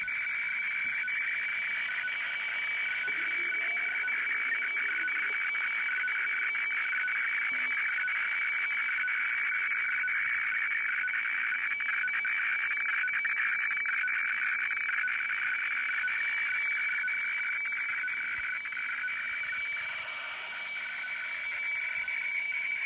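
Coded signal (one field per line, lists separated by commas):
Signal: weather fax (radiofax)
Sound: steady scratchy warbling tone sweeping between mid and high pitch, rhythmic ticking texture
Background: radio static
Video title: Sony CRF-V21 - WeFax from Kyodo News Agency Japan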